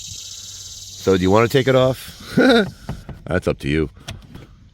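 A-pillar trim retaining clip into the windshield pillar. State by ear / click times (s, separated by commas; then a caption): seated / 4.1 s. Someone talks while pushing the plastic retaining clip at the back of a 2020–2026 Toyota Corolla A-pillar trim panel into the windshield pillar. A sharp click is heard at 4.1 s as the clip locks into place, followed by faint softer sounds.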